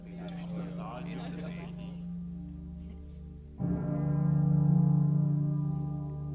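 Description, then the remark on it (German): Loud, dull bells toll with a deep, humming ring; a fresh heavy strike partway through swells and sustains a rich, droning tone. “Was ist das für ein Glockenläuten? Das kann doch jetzt nichts Gutes bedeuten. Das Geläut ist laut, ein dumpfer Klang.”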